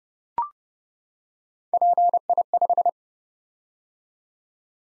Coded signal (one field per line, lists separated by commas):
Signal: Morse code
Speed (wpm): 30 wpm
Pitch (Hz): 700 Hz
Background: none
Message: PI5